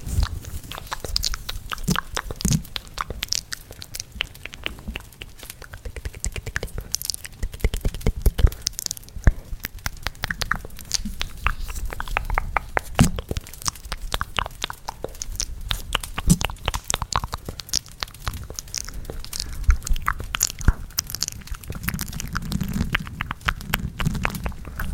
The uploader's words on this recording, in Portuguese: ASMR SONS DE BOCA super intensos com SONS DE LAREIRA.